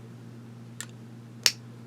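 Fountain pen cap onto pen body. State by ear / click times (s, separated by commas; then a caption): seated / 1.5 s. The pull-off cap of a Monteverde Impressa fountain pen is pushed onto the pen body over a steady low hum. A faint tick at 0.8 s comes first, then a sharp, bright snap at 1.5 s as the cap seats securely.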